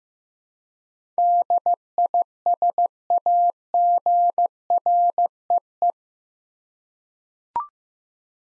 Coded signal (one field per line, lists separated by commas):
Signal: Morse code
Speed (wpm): 15 wpm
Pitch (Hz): 700 Hz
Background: none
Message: DISAGREE